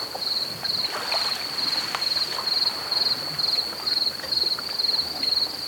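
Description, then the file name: Cricket song: a high, pulsed trill in short chirps repeated regularly, steady throughout, with faint scattered background clicks. Recorded at Cala Tuent. "Grills a Cala Tuent"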